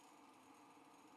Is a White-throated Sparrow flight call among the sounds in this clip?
no